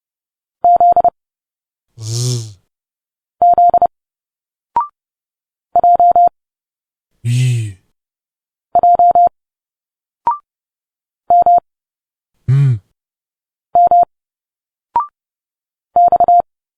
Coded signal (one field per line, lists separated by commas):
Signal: Morse code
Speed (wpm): 30 wpm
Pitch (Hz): 700 Hz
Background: none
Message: Z Z J J M M X